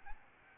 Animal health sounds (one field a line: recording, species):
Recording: mosquito wingbeat signal from an infrared sensor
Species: Aedes albopictus